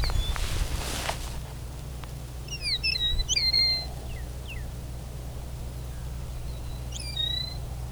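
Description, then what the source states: Northern Cardinal singing a burst of quick down-slurred whistles, then a second phrase near the end, with a brief rustle early on and low steady hum throughout. In a meadow in Ontario, early in the season.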